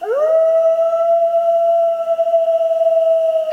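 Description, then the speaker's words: Grey wolf howl: a single long, steady, level tone that swoops up at the start and holds for over three seconds, with clear overtones. Pack in Carpathian forests, howling together to tell each other and others where they are; howls carry kilometres. "Een roedel wolven. En je hoort ze allemaal huilen, speciaal voor ons."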